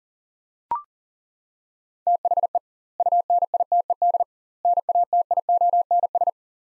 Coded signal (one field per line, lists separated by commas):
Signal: Morse code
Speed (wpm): 40 wpm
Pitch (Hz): 700 Hz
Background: none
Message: THE UNITED NATIONS